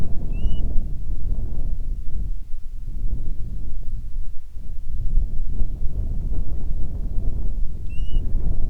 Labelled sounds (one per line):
bird